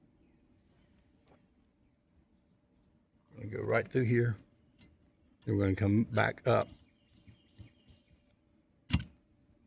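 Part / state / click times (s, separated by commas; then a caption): windshield wiper blade adapter onto wiper arm J-hook / seated / 8.9 s. A new silicone windshield wiper blade's adapter is threaded through the J-hook on the wiper arm of a 2013–2016 Mazda CX-5 and pulled back up while someone talks. A sharp pop at 8.9 s marks the adapter seating onto the arm hook, confirming it is in place.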